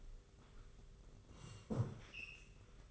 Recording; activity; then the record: daily activity, microphone in the room; sit down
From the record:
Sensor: 4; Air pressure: 991.2 hPa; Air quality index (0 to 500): 136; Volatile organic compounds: 53 ppm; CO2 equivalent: 3337 ppm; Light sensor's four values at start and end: 25/81/30/31 and 25/81/30/31